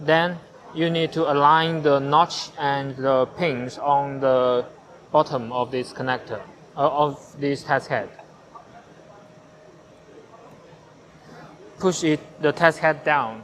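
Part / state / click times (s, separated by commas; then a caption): interchangeable test head onto its mounting connector on an air permeability tester / not seated / none. An interchangeable test head is lined up with its mounting connector on an air permeability tester, matching the notch and pins on the bottom of the connector before it is pushed down into place. Someone talks through most of the clip, with a quiet pause between about 8 and 12 seconds. The head has not yet been pushed down, and nothing has seated or clicked yet.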